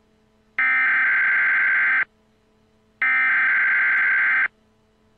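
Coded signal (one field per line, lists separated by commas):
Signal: Emergency Alert System (SAME) tones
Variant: header bursts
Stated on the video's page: Mock Emergency Action Notification based on World War Z, a simulated alert.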